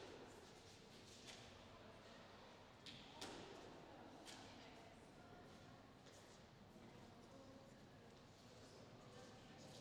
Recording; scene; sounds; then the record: everyday scene through a hearing-aid microphone; reverberant space; background noise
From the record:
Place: railway station hall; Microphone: in the ear canal, left